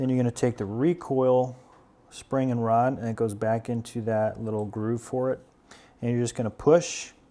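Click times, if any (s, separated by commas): none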